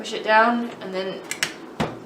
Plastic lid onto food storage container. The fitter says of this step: let some sort of snaps into place.